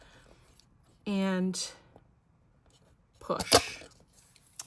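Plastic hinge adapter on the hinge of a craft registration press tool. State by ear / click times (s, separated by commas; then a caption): released / 4.6 s. Someone talks while removing a plastic hinge adapter, which clicks into place when fitted, from the base hinge of a craft registration press by pinching two small hinge tabs at the back and then pushing. A sharp plastic snap is heard at 4.6 s as the adapter comes off and is released.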